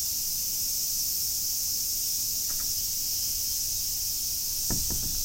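Cicada droning in a continuous shrill hiss, with a light tap and then a brief rattle of knocks near the end.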